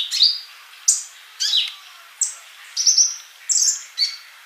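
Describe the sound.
Bird song, high chirped and whistled notes, some slurred downward, given at short intervals of under a second.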